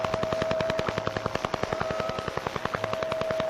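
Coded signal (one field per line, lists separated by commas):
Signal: radar signal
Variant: Russian Woodpecker (Duga-3)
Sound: fast, steady tapping pulses, about ten per second, like a woodpecker hammering through static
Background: radio static, steady carrier tone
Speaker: that sound is irritating it irritated everybody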